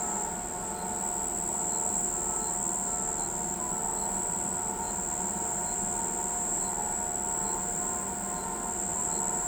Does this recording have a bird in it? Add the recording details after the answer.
no. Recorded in pastures near Pivijay, Magdalena, Colombia, on 16 April 2023 at 05:00. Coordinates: 10.456, -74.369. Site P6-G026